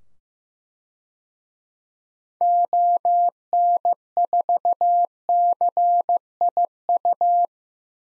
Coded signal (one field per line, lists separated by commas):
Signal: Morse code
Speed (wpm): 16 wpm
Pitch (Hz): 700 Hz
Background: none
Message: ON4CIU